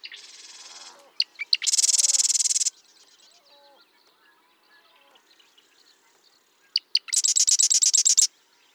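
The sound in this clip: Bird song: a thin twittering phrase, then two loud, fast trills about a second long, separated by quiet scattered chirps.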